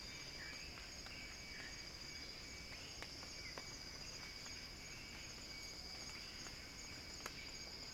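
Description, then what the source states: Cicada song, a steady high-pitched buzzing drone held throughout, with short faint chirps from other creatures and a few soft clicks. Cicada song building as a crescendo.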